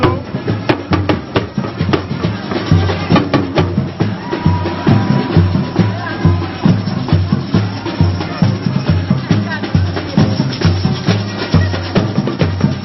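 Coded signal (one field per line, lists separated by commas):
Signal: talking drum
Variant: Yoruba talking drum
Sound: rapid drum strokes with pitch bends over steady percussion and some voices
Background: voices and percussion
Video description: Aare Ayantunde Anselm Ramacher Oyinbo oOnilu That Reciting Proverb With Talking Drum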